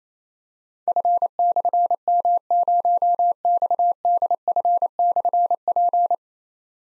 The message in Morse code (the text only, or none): F/M0XDF/P